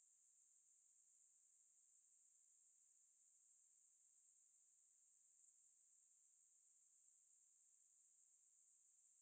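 Continuous shrill cicada buzzing, high and evenly pulsed, holding steady for the whole stretch.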